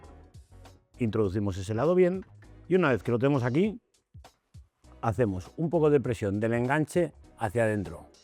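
A towbar is fitted into its rear chassis mounting on a 2018-on Citroën Berlingo III (K9), size M and size XL (L2): one side is inserted and light pressure is applied to push the towbar inwards. Someone talks over background music, with a few faint short sounds in a brief pause around 4 seconds. The clip ends before the towbar goes home, so nothing has seated or clicked yet.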